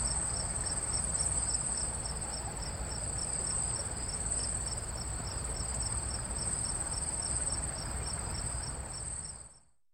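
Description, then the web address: Cicada song: a continuous high-pitched whine with rapid pulses over low rumbling noise, ending abruptly near the close. "цикады"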